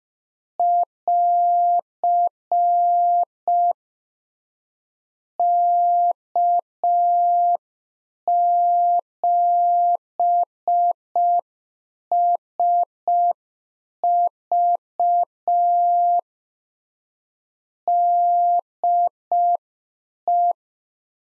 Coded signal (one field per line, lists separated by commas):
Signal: Morse code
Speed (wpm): 5 wpm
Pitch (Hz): 700 Hz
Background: none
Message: <AR> K7SV DE